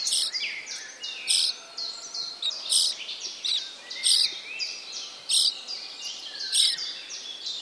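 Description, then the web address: Common starling singing rapid clicking and crackling bursts broken by short slurred whistles, repeated irregularly over a steady background hiss. "wroblowe ptaki sturnus vulgaris. szpak"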